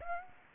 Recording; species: mosquito wingbeat signal from an infrared sensor; Aedes aegypti